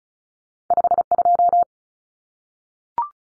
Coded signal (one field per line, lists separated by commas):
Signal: Morse code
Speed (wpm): 34 wpm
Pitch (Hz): 700 Hz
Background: none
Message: 52